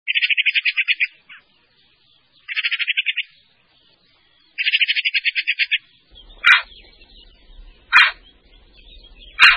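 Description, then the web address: Eurasian magpie giving harsh, rapid rattling chatters in three short bursts, followed by a few loud single harsh notes. "Son Sons Oiseaux Pie"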